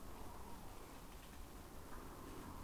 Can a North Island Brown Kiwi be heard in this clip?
no